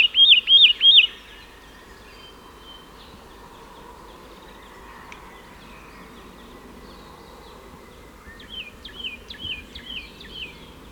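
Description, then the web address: Satin flycatcher calling, a quick run of four rising-then-falling whistled notes at the start, then a quiet gap, then another series of about six similar notes near the end. "Audio Myiagra Cyanoleuca"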